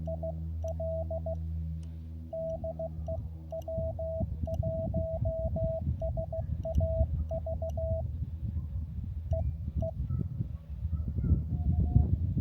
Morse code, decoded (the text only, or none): IL DE W1SAV EE